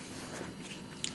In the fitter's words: and lock into place.